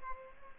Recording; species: mosquito wingbeat signal from an infrared sensor; Culex pipiens